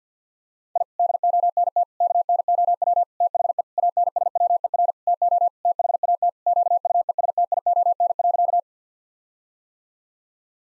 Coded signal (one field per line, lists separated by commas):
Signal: Morse code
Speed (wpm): 50 wpm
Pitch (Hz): 700 Hz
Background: none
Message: I DONT KNOW THE ANSWER TO THAT QUESTION.